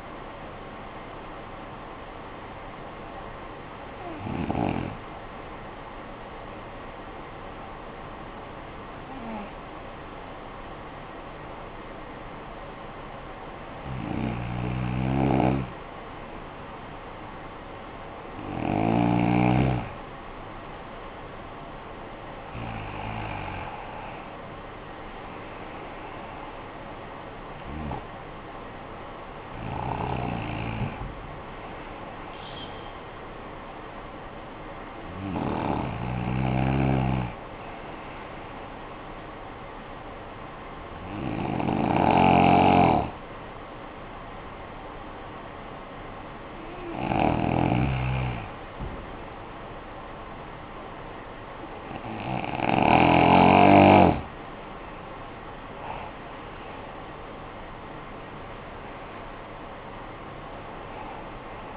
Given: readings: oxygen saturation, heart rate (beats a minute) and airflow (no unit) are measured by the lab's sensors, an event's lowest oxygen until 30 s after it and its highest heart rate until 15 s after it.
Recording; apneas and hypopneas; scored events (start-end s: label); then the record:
breathing in sleep by a voice recorder at the bedside; 2
3.00-16.40 s: hypopnea (N1, oxygen 91% highest, then 91% lowest, heart rate 49 at the start, 60 highest)
33.00-56.20 s: hypopnea (N1, oxygen 95% highest, then 92% lowest, heart rate 58 at the start, 69 highest)
From the record:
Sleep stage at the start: N1 (lightest sleep); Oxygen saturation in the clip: 84 to 95%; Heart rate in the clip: 48 to 64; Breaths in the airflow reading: 13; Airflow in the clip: -13.3 to 13.7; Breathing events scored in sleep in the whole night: 445 in 7.6 hours asleep